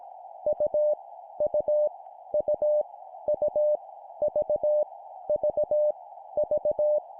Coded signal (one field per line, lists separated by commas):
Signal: Morse code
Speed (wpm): 18 wpm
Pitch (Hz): 600 Hz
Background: none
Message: U U U U V V V